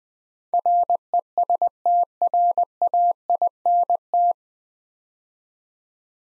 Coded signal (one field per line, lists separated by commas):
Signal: Morse code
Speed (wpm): 20 wpm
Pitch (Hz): 700 Hz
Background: none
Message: RESTRAINT